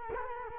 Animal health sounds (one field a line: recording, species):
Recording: mosquito wingbeat signal from an infrared sensor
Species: Culex quinquefasciatus